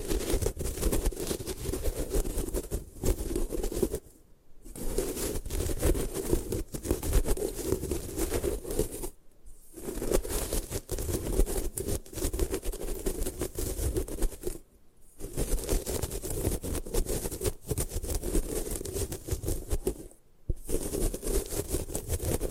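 Gym chalk being crushed and destroyed in long, dense bouts of gritty scraping and grinding, with a strong low rumble beneath. Each bout lasts about five seconds and is broken by brief near-silent pauses, roughly at 4, 9, 15 and 20 seconds.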